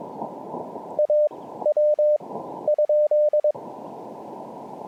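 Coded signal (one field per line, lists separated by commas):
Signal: Morse code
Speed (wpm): 22 wpm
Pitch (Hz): 590 Hz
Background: none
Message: AW?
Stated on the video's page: QRP CW park activation on an Elecraft KX2 with paddles and a homebrew 40m EFHW antenna.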